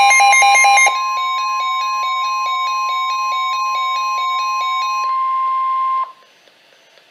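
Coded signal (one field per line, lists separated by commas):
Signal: Emergency Alert System (SAME) tones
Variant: 1050 Hz attention tone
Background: music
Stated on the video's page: Coastal Flood Warning on weather radio station KWO35 from the Upton, NY office.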